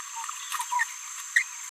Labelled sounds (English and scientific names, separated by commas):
Green-rumped Parrotlet (Forpus passerinus) babbling